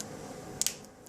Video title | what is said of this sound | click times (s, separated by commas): How to install RPM arms: Traxxas T-Maxx/E-Maxx | back on and you should hear a click or a snap | 0.6 s